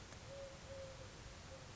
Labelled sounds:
Eurasian Collared Dove (Streptopelia decaocto)
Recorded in Sonoma County, California

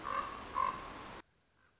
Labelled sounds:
Common Raven (Corvus corax)
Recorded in Sonoma County, California

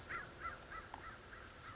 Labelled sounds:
American Crow (Corvus brachyrhynchos)
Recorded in Sonoma County, California

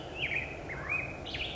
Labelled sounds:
Black-headed Grosbeak (Pheucticus melanocephalus)
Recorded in Sonoma County, California

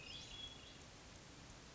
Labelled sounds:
Hermit Thrush (Catharus guttatus)
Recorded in Sonoma County, California

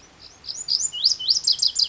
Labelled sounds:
Lazuli Bunting (Passerina amoena)
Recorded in Sonoma County, California

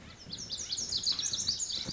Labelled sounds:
Lazuli Bunting (Passerina amoena)
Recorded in Sonoma County, California

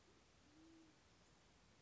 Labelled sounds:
Band-tailed Pigeon (Patagioenas fasciata)
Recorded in Sonoma County, California

